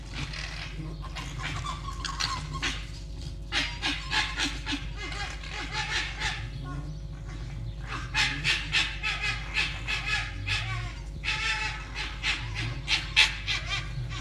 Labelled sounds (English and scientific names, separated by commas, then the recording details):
Red Fox (Vulpes vulpes)
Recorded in captivity
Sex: group
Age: adult
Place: Zoologisches Institut der HUB, Berlin, DE
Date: 1956-02-22 11:45
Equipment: Elmetra
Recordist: Tembrock, Günter
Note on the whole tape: Jupp gegen Jau: Aufstellen mit Drohschrei und Stoßschrei (mehrmals); Jau: etwas winselnd; Jupp weicht, dann: Drohschrei, Belldrohschrei; offenes Bellen; Jau: Muffen ohne Fleisch bei Fiffi; Fiffi: offenes und geschlossenes Knurren. Achtung, teilweise Kopiereffekte, Knistern und technische Störungen